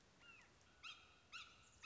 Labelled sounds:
Red-shouldered Hawk
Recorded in Sonoma County, California

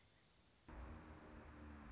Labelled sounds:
Anna's Hummingbird
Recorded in Sonoma County, California

